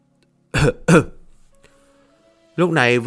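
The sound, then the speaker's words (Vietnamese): A voice imitates two quick, forced throat-clearing coughs in close succession, gruff and fairly loud, followed by a brief quiet stretch and then a sustained voiced sound. “Sau một hồi lâu, Vân Trí Thu cứ nhắm mắt ôm Miêu Nghị không chịu tách ra, Dương Khánh đành phải ho khan hai tiếng giả vờ.”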